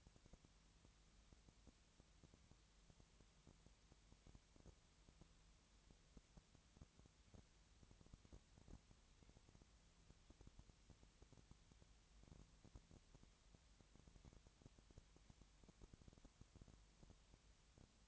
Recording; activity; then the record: daily activity, microphone in the room; no activity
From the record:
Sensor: 3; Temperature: 20.6 degrees Celsius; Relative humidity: 34.7%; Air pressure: 1007.2 hPa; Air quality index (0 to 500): 137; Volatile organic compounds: 3 ppm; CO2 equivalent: 1526 ppm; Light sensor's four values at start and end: 2/3/2/2 and 2/3/2/2